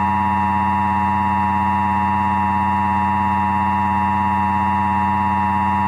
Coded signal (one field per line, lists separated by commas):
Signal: Emergency Alert System (SAME) tones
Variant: 853 and 960 Hz attention tone